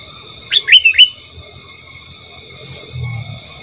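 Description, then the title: Sooty-headed bulbul song: one quick bubbly phrase of four short, slurred whistled notes, then a steady hum continues alone. "Kutilang"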